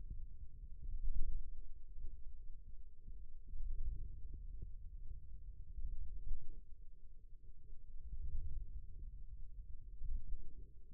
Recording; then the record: forearm muscle sounds (acoustic myography)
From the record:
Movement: wrist extension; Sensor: system 2, bracelet of six BSWA MPA416 microphones around the upper forearm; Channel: 3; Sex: male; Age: 22 years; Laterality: right